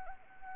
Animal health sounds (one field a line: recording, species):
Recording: mosquito wingbeat signal from an infrared sensor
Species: Anopheles arabiensis